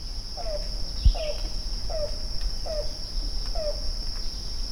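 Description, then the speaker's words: Yellow-billed Cuckoo call: five hollow, downslurred cooing notes, evenly spaced, over a steady high insect buzz. Recorded around sunrise on August 9th in Blacksburg, Virginia; it rained that day. "That was the call of a yellow-billed cuckoo, recorded around sunrise on August 9th in Blacksburg."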